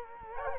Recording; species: mosquito wingbeat signal from an infrared sensor; Culex quinquefasciatus